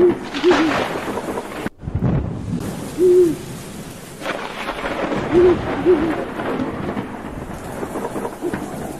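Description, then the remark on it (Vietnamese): Far off in a deep mountain forest, an owl gives several low, wavering hoots at irregular intervals, heard over steady pouring rain and deep rumbles of thunder, with no voices. “Đằng xa xa có tiếng con chim cú bay lạc bầy trốn mưa, kêu lên làm cho người ta rợn cả người.”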